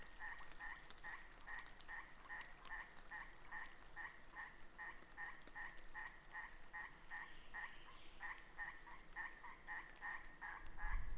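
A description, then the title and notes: A frog chorus beside a seasonally flooded meadow calls in a steady, rapid series of short two-toned croaks, roughly three per second, with a brief break near eight seconds. A soft low hiss lies underneath, and a low rumble swells at the very end. Passing Thunderstorm East Of Bear Mountain. A late spring afternoon in a small stand of Quaking Aspen growing beneath tall Ponderosa Pines beside a seasonally flooded meadow located east of Bear Mountain in Shasta-Trinity National Forest, Siskiyou County, California.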